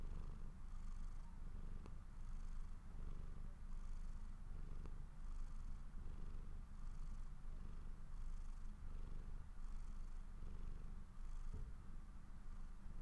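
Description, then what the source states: Cat purr, deep and even, pulsing in regular breath cycles, with a few faint clicks. Owner's own pet cat, purring while falling asleep.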